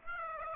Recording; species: mosquito wingbeat signal from an infrared sensor; Aedes aegypti